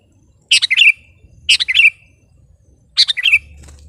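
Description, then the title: Sooty-headed bulbul song: three short bubbly phrases, each a quick burst of notes ending in a drawn-out whistled tail, spaced about one to one and a half seconds apart. "kutilang"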